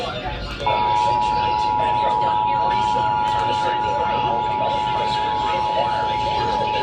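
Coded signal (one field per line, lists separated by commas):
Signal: Emergency Alert System (SAME) tones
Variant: 853 and 960 Hz attention tone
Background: speech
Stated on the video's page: Statewide required monthly test, relayed at different times.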